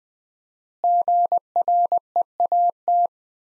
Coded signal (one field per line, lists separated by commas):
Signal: Morse code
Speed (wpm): 20 wpm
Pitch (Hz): 700 Hz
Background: none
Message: GREAT